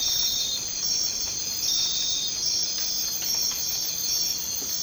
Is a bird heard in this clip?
no